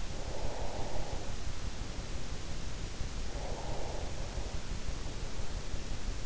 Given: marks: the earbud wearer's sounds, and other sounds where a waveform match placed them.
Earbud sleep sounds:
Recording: sounds in sleep by an in-ear microphone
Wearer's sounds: breath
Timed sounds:
0.00-2.66 s: breath
3.22-5.89 s: breath

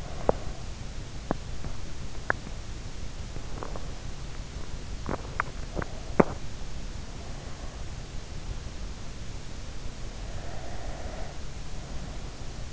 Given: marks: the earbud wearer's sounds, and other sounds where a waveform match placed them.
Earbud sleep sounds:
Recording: sounds in sleep by an in-ear microphone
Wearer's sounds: teeth grinding, breath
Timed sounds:
0.00-6.56 s: teeth grinding
6.56-8.12 s: breath
9.99-12.73 s: breath

